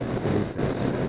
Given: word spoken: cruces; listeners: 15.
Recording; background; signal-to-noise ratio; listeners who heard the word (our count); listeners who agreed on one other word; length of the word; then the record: one Spanish word in noise, from a listening test; noise modulated by three-talker babble; -5.5 dB; 0 of 15; 12 of 15; 0.69 s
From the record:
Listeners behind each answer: 12, 1, 1, 1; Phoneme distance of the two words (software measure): 17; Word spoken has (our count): 2 syllables, 6 phonemes, stress on syllable 1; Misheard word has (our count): 2 syllables, 5 phonemes, stress on syllable 1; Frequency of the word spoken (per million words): 8.63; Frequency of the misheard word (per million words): 42.80